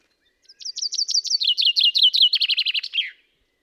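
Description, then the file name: Common chaffinch song: a rapid series of bright notes stepping down in pitch through about three trill sections, then ending in a quick flourish, over a quiet background. "Fringilla coelebs"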